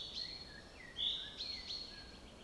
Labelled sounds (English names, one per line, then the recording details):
Common Chaffinch
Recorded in Germany
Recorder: ecoPi